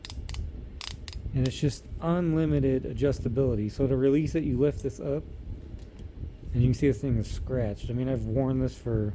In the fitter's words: Okay, it does work. So, you can hear it clicking